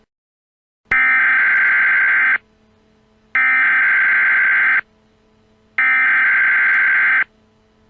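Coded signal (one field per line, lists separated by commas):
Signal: Emergency Alert System (SAME) tones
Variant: header bursts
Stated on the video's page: Fictional EAS scenario of a terrorist attack on a Central Pennsylvania mall, made for entertainment.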